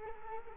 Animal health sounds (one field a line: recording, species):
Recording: mosquito wingbeat signal from an infrared sensor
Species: Culex quinquefasciatus